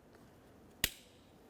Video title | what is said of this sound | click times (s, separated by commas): How to Replace Passenger Power Window Switch 2004-2006 Scion xB | You want to listen for 2 clicks. After that, give it a little tug to make sure it's secure. | 0.8 s